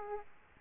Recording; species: mosquito wingbeat signal from an infrared sensor; Aedes aegypti